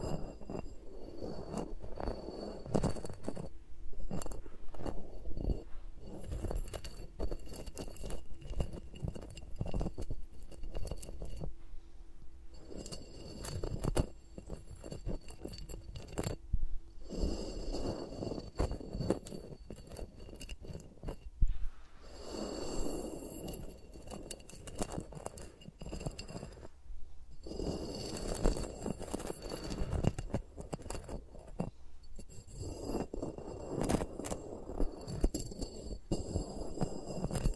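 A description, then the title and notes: Fingers rub and tap right against the mics without any talking, a dense, shifting rustle of soft thumps and scratches with brief pauses. ASMR with Mics Around My Fingers (No Talking).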